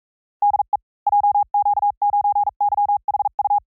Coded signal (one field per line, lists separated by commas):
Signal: Morse code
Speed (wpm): 40 wpm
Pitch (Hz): 820 Hz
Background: none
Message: DE JQ9YHU